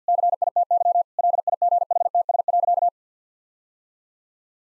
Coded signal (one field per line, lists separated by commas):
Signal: Morse code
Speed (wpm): 50 wpm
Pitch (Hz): 700 Hz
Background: none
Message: CITY LIGHTS.